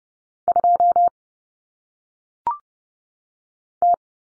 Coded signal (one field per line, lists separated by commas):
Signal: Morse code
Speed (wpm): 30 wpm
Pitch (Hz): 700 Hz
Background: none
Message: 2 T